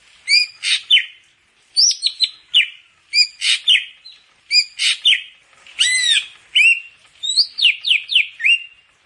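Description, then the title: Grey-cheeked bulbul song: rich, chattering phrases of rising and falling whistled notes, delivered in spaced bursts of about a second each. "Kicau Burung Cucak Jenggot"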